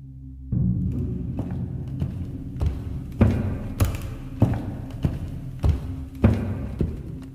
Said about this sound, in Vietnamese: Tiếng bước chân ở bên ngoài cứ vang lên, nghe có vẻ nặng nề lắm.